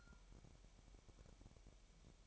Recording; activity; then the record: daily activity, microphone in the room; take from stove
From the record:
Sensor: 1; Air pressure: 1012.1 hPa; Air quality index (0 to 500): 220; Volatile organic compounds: 5 ppm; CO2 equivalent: 1757 ppm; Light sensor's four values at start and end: 66/157/66/68 and 66/157/66/68